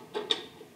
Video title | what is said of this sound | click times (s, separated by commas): CantoUSA Followspots: Replacing a Lamp in Your Canto FastFit Followspot | it's pushed all the way in we're gonna give it a turn to the right. We're gonna feel it click. | 0.3 s